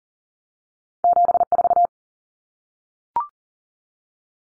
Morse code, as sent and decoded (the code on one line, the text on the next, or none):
--... ....-
74